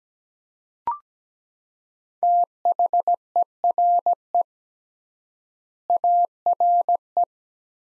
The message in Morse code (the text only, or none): THERE ARE